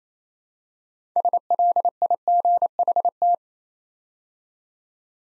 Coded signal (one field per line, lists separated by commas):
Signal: Morse code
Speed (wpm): 27 wpm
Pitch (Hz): 700 Hz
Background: none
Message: SLIGHT